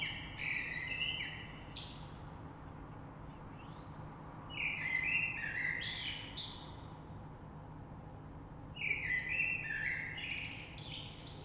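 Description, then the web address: Common blackbird delivering three warbled phrases roughly four seconds apart, rich flute-like notes topped with high squeaky twitters, with quiet background hiss. Recorded on 3 March 2020. "oiseaux Rush Merle 3-3-2020"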